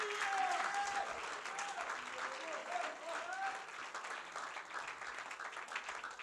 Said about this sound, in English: If you believe that, would you clap your hands unto the Lord in this place?